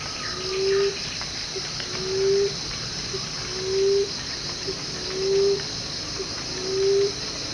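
Emerald dove calling: soft low moaning coos, each with a short lead-in note, repeated about every one and a half seconds over a steady loud insect drone.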